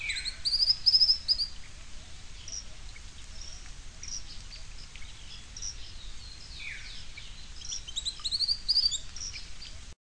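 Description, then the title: Bird singing high, rapid twittering phrases with sharp chirps, a burst at the start and another near the end, with softer calls between over steady background noise. "LuckyPassaro Completos2Sama"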